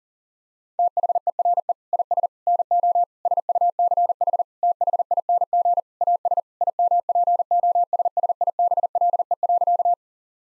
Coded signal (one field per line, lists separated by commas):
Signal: Morse code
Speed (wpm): 40 wpm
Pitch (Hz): 700 Hz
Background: none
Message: THERE IS NO SUCH THING AS IMPOSSIBLE.